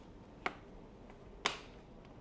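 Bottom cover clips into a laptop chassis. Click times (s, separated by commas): 0.5 s, 1.5 s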